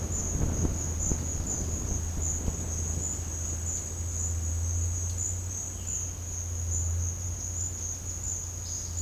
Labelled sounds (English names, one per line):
none